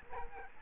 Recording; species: mosquito wingbeat signal from an infrared sensor; Aedes albopictus